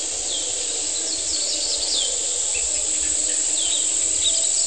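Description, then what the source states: An unbroken high-pitched cicada buzz fills the recording, overlaid by scattered quick bird chirps. Humid morning on the outskirts of San Cristóbal de Las Casas, Chiapas, May 2021.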